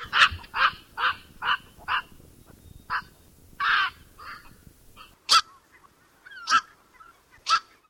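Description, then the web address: Black-crowned night heron giving a series of harsh, hoarse squawks over about five seconds, then three sharper calls spaced about a second apart. "Thumbs Plus Zoo Field Guide Repository Sounds"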